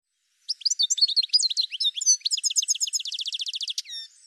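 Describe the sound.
Bird calling in a rapid jumble of high chirps that settles into a fast, even trill of repeated notes, ending with a sharp high note.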